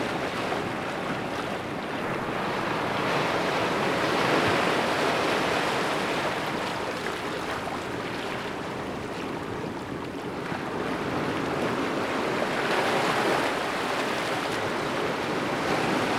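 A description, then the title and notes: Ocean waves wash steadily onto a beach, a dense continuous rush with gentle swells building around four seconds and again near thirteen. The surf sounds fairly close, full and hissing, with a light wind rumble underneath and no other sounds. Relaxing Ocean Waves & Sounds On A Secluded Ethereal Beach.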